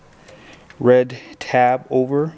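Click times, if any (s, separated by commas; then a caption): none. Someone handles the red plastic locking tab on the injector wiring connector at the fuel rail sensor plug of a 2024+ GMC or Chevy HD truck during a Derringer install, getting ready to slide it over. A faint soft tick is heard around 0.3 s, then someone talks. The clip ends before the tab goes home, so nothing has seated or clicked yet.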